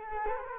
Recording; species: mosquito wingbeat signal from an infrared sensor; Culex quinquefasciatus